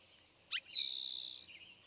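Eastern Towhee song with a short opening note, a descending whistled slur and a rapid rattling trill, followed by soft trailing chirps.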